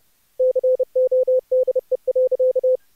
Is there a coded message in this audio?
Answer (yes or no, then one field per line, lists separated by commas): yes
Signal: Morse code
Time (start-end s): 0.4-2.8 s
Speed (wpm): 30 wpm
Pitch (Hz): 510 Hz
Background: none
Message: CODE.